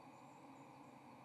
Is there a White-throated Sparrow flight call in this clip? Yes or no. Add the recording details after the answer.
no. No flight call is heard. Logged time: 11:18 on 30 October 2014